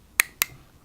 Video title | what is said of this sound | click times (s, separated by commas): Interview Rodolphe casque schuberth | où on à la visière solaire vous allez entendre deux clics ou un grand flic voilà | 0.2 s, 0.4 s